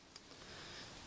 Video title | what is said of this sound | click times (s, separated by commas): GoPro HERO Tutorial: How To Get Started | and just slide it in until it clicks in place. | 0.2 s